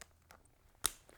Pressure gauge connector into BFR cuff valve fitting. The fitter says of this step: gonna take my gauge I'm gonna stick it in you should hear a little snap that's